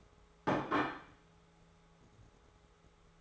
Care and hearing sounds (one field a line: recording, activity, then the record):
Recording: daily activity, microphone in the room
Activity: place plate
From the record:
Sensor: 3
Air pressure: 1015.0 hPa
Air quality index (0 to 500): 209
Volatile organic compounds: 34 ppm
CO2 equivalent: 3045 ppm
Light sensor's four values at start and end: 19/43/19/22 and 25/59/26/28